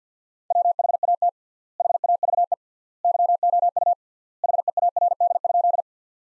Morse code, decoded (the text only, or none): WHAT HAVE YOU HEARD?